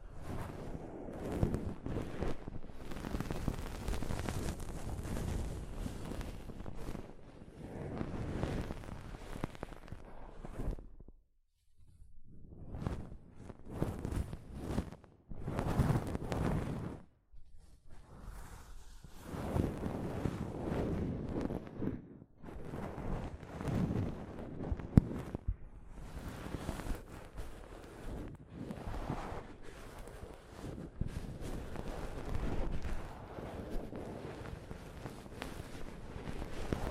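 Soft fabric brushes over a microphone in dense, rustling bursts, with short silent breaks near 11 and 17 seconds and a sharp tap near 25.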